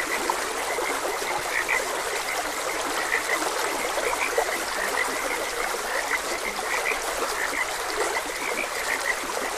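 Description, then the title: Frogs croaking in a dense, continuous chorus of short pulsed calls, with steady rushing stream water underneath throughout. Frogs croaking beside a gentle stream. "Gentle Stream and Frogs Croaking"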